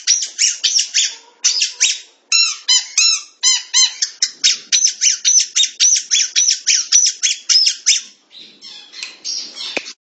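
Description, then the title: Long-tailed shrike song: a rapid, chattering stream of rasping, buzzy notes, some with squeaky upslurred bits, thinning into softer scratchy notes near the end. "Kicau Burung Pentet"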